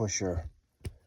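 A macro-line air hose is pushed into its push-to-connect fitting on a paintball marker while someone talks. A short, sharp click at 0.9 s marks the hose seating in the push-in port.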